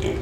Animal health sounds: contact call of a hoofed animal; pig; closed-mouth grunt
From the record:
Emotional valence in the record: positive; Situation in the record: food and toys in familiar pen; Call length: 0.21 s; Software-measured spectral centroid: 2230 Hz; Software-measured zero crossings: 1070 a second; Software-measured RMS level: -25 dBFS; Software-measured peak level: -11 dBFS

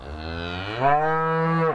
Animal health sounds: contact call of a hoofed animal; cattle; low-frequency (closed-mouth) or high-frequency (open-mouth) call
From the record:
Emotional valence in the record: negative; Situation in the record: full separation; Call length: 1.74 s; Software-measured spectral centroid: 1290 Hz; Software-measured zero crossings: 1760 a second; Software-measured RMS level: -23 dBFS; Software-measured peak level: -6 dBFS

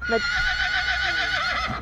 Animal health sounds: contact call of a hoofed animal; Przewalski's horse; whinny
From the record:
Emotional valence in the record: negative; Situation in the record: group separation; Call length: 1.82 s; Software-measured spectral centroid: 2480 Hz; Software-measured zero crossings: 3590 a second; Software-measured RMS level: -24 dBFS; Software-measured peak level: -11 dBFS

